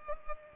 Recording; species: mosquito wingbeat signal from an infrared sensor; Culex pipiens